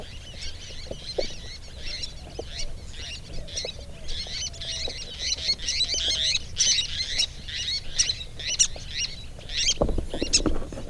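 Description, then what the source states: Least terns calling, a rapid stream of high, scratchy chirps overlapping almost continuously, with a brief low thump near the end. Subspecies browni of the least tern.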